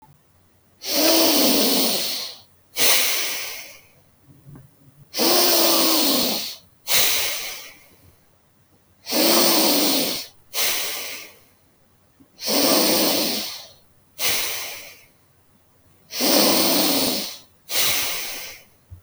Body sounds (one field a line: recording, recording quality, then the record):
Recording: deep breathing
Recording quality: excellent, no background noise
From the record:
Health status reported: healthy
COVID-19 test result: negative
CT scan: not taken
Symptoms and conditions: none ticked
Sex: male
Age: 29 years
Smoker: no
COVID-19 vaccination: both doses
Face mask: not worn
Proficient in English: yes